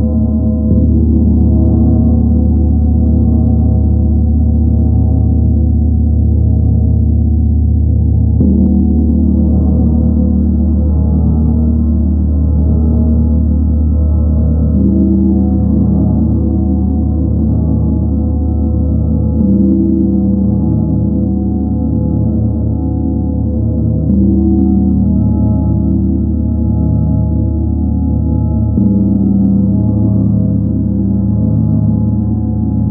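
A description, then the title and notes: Several large gongs resound in a dense, continuous low wash, with fresh soft strikes near 8, 15, 20 and 29 seconds swelling the hum. Jupiter, Chiron, Neptune and Sidereal Moon Gong. Four different planetary Gongs played.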